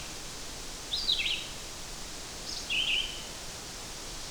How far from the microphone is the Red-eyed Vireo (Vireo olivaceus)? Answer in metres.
about 10 m